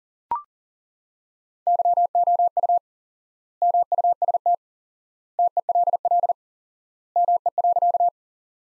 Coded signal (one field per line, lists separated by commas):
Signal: Morse code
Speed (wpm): 40 wpm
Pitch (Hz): 700 Hz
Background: none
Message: YOU MUST TELL ME.